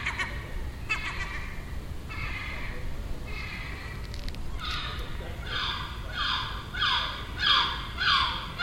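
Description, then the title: Gull calls, a few drawn-out nasal notes giving way to a regular series of loud, falling cries, over low rumble. Gull nesting on a neighbouring roof, calling all day for a week; Den Haag, Netherlands, 18 June 2017. "Seagull Chatter (Den Haag"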